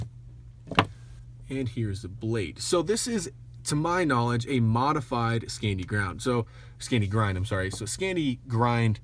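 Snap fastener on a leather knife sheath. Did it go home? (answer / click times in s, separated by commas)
yes / 0.8 s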